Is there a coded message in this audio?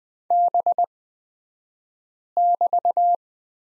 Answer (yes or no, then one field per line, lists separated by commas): yes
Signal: Morse code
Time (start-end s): 0.3-3.1 s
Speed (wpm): 20 wpm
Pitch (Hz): 700 Hz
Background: none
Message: B<BT>